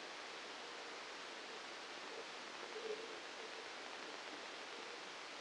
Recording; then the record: brain microelectrode recording played as sound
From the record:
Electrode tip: outside the subthalamic nucleus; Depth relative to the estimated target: -4 mm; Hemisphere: left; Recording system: NeuroSet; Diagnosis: Parkinson's disease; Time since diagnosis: 9 years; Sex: male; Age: 56 years